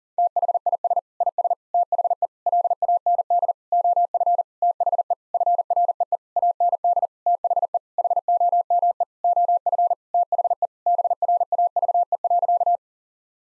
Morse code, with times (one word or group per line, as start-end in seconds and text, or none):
0.2-1.0 THIS
1.2-1.5 IS
1.7-2.3 THE
2.5-3.5 LAND
3.7-4.4 OF
4.6-5.1 THE
5.3-6.2 FREE
6.4-7.1 AND
7.3-7.8 THE
8.0-9.0 HOME
9.2-9.9 OF
10.1-10.7 THE
10.9-12.8 BRAVE.